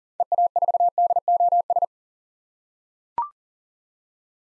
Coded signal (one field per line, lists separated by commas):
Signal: Morse code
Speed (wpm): 40 wpm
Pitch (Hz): 700 Hz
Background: none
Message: EA4DOS